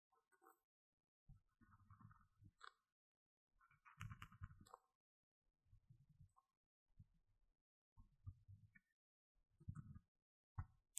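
Scratching and rubbing on an earphone microphone comes in irregular bursts about a second long, each a dull, thump-like rumble with scraping, crackly edges above it. Short silent gaps separate the bursts, and a sharper knock lands near the end.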